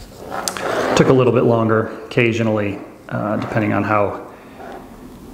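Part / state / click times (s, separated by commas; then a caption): crimped wire contact into power pole connector housing / seated / 0.5 s. Crimped red and black wire contacts are pushed into Anderson-style power pole connector housings, and a sharp click at 0.5 s shows a contact seating home. Someone then talks for the rest of the clip.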